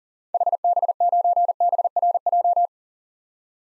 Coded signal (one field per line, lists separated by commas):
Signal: Morse code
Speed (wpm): 40 wpm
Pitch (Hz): 700 Hz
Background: none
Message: HB9BRJ